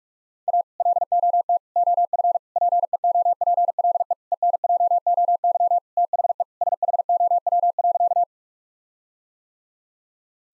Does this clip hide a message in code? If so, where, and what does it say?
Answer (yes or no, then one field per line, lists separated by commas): yes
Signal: Morse code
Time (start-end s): 0.5-8.2 s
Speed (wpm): 46 wpm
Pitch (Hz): 700 Hz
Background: none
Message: A LOT OF PEOPLE ENJOY THE SHOW.